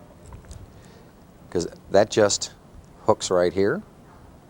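The fold-over clasp of a wristwatch band is hooked into place by hand, with a few faint taps in the first half second before someone talks. The clip ends just before the clasp flips down and locks, so nothing has seated or clicked yet.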